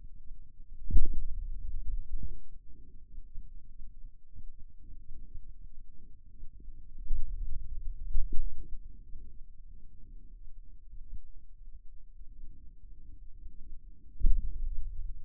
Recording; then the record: forearm muscle sounds (acoustic myography)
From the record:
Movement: pen grasping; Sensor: system 2, bracelet of six BSWA MPA416 microphones around the upper forearm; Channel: 3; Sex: male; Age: 22 years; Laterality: right